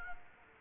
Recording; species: mosquito wingbeat signal from an infrared sensor; Culex quinquefasciatus